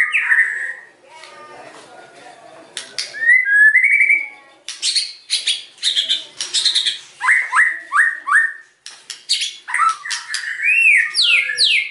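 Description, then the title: White-rumped shama song: soft warble at first, then loud bursts of sharp clicks and quick upslurred whistles repeated in rapid series. White-rumped shama singing energetically (gacor), used as a lure (pancingan) to provoke a response from other birds. "PANCINGAN MEWAH MURAI BATU GACOR"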